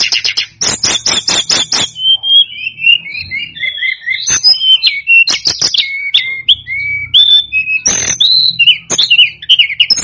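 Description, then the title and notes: Snowy-browed flycatcher song opening with rapid sharp ticks, then a long run of high wavering whistles and slurred notes, with a faint low hum underneath. "Masteran Tledekan Gunung Sikatan Gunung. BURUNG TLEDEKAN"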